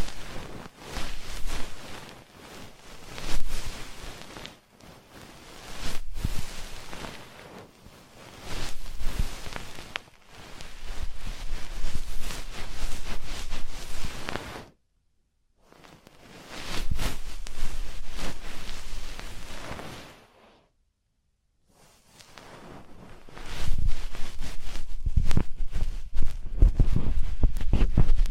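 Ear cleaning sounds come in bursts of close scratching and rustling, separated by brief silent gaps, with low thumps near the end.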